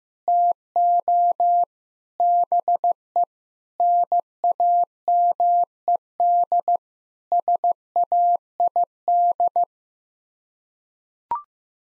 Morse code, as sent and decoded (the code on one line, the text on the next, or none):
- --- / -... . / -. .- -- . -.. / ... .- .. -..
TO BE NAMED SAID